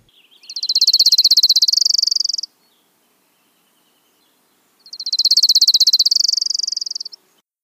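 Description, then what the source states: Orange-crowned Warbler song: two bright, rapid, high-pitched trills, each about two seconds long, separated by a pause of roughly two seconds, with near silence around them. Trill with a sassy little inflection that sets it apart from Chipping Sparrow or Dark-eyed Junco; sounds like a waterfall; found in shrubby thickets on the Olympic Peninsula.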